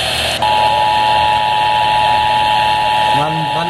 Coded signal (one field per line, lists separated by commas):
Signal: Emergency Alert System (SAME) tones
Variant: 853 and 960 Hz attention tone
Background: speech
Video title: PURE MAYHEM 3.... | EAS Alerts from 6/26/24 | EAS#694-755